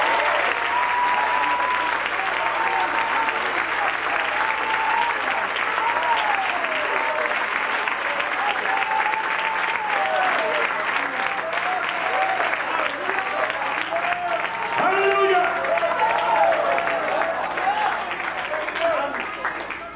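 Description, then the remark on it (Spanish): Sustained applause from an audience during a sermon, given as applause to heaven, fills the whole stretch. It is a dense, steady wash of clapping with scattered voices and cheers rising through it, loudest toward the end. “Oiga, si usted cree que el Espíritu está hablando, déle un aplauso al cielo.”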